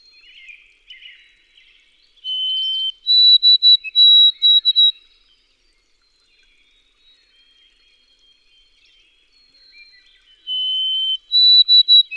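White-throated sparrow sings twice: each song a pure, level note stepping up to a run of higher, broken whistles, with a quiet pause between and faint bird chatter at the start.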